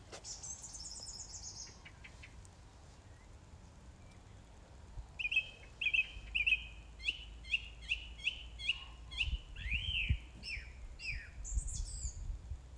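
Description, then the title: Song thrush singing: high thin notes, then a clear note phrase repeated several times in a steady run, followed by varied whistled and twittering phrases. Recorded on 4 May 2021 at 20:35. "2021-05-04 20-35-13-Song-Thursh-4 th-May-2021"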